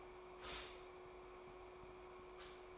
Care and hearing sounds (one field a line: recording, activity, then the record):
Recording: daily activity, microphone in the room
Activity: stop toaster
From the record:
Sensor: 1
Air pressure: 1014.7 hPa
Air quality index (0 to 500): 202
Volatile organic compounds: 35 ppm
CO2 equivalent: 3052 ppm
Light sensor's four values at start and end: 3/8/3/3 and 3/8/3/3